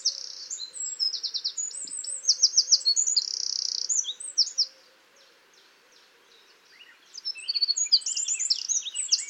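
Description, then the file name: Eurasian wren song: rapid, high, sharply trilled phrases tumbling together, with a pause of about two seconds before the bright rattling trills resume. "Troglodytes troglodytes"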